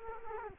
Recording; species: mosquito wingbeat signal from an infrared sensor; Culex quinquefasciatus